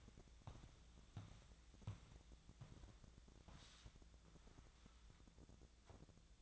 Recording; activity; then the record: daily activity, microphone in the room; walk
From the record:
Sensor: 3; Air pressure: 1012.2 hPa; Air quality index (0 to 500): 183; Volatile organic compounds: 3 ppm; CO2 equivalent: 1400 ppm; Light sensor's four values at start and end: 51/135/58/61 and 50/133/57/60